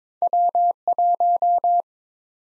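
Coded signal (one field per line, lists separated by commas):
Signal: Morse code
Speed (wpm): 22 wpm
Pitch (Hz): 700 Hz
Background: none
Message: W1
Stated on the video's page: Practice drill of USA call sign prefixes at 22 wpm, each prefix sent twice in Morse.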